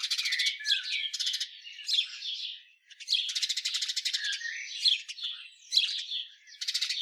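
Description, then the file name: House sparrow chatter: rapid chirps and harsh notes run almost without pause, with a few short gaps. "Passer domesticus"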